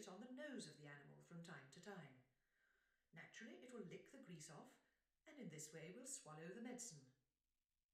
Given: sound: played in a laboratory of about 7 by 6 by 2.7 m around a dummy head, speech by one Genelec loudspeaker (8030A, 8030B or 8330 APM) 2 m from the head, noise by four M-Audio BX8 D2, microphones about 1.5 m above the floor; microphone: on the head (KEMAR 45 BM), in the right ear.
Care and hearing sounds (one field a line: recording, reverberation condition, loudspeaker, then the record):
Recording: female speech in English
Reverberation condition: medium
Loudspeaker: 120 degrees to the right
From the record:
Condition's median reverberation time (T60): about 510 ms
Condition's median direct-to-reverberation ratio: about -0.5 dB